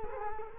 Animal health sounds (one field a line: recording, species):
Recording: mosquito wingbeat signal from an infrared sensor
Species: Culex quinquefasciatus